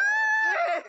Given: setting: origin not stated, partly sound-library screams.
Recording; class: one-second piece from a danger detection set; woman in danger